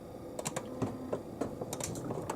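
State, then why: Not seated. An old Frigidaire Pure Source Ultra ULTRAWF refrigerator water filter cartridge, left in its housing for a year, is pushed in to release it. Only faint, brief tapping knocks are heard around 0.5, 1.1, 1.7 to 1.8 and 2.3 seconds. The filter does not release, and nothing has clicked yet.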